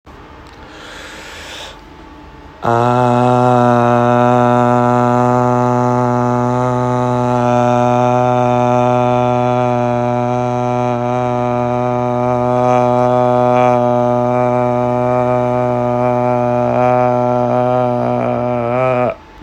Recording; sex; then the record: sustained vowel /a/; male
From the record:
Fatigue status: fatigue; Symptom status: symptomatic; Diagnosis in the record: COVID-19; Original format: m4a